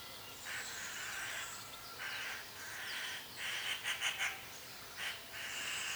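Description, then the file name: Eurasian magpie chattering, harsh rattling bursts at irregular intervals with a quicker run of notes midway, over constant background hiss. "Pica pica"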